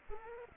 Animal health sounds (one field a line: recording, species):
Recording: mosquito wingbeat signal from an infrared sensor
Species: Culex pipiens